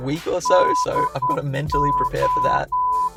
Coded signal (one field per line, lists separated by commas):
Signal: Morse code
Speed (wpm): 9 wpm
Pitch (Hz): 1000 Hz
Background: speech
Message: DO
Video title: Raspberry Pi reads me your comments in Morse Code